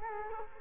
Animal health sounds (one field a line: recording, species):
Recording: mosquito wingbeat signal from an infrared sensor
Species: Culex quinquefasciatus